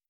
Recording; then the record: hydrophone in a shrimp aquaculture tank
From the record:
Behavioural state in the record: stressed